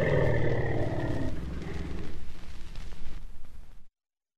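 Asian elephant giving a deep, rough roaring call that fades into low rumbling and crackling noise before cutting off abruptly.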